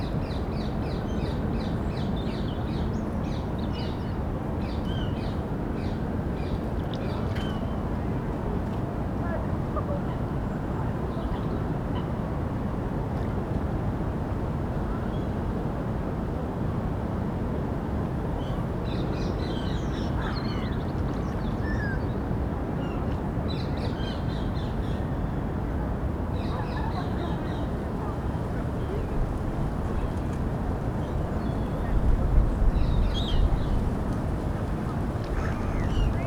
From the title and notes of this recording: Captured in the morning in a large city centre park. Various birds are in the lake and on the grass, some fly overhead.